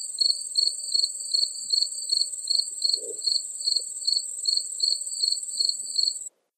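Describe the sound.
Cricket calling: a steady high trill with pulsed chirps repeated about two and a half times a second and soft lower pulses keeping time beneath, until the sound cuts off abruptly.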